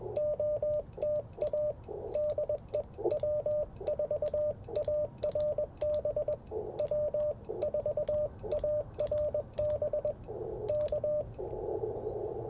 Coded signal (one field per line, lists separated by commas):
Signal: Morse code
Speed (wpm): 21 wpm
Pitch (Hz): 600 Hz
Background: radio noise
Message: OTA DE W4ARB W4ARB K